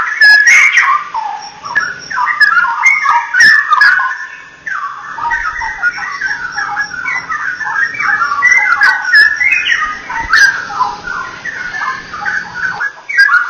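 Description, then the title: Oriental magpie-robin song, a continuous run of varied whistled phrases rising and falling, some notes sharp and scratchy, with brief breaks in the flow. "Kicau Kacer"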